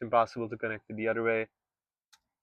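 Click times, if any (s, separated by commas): 2.1 s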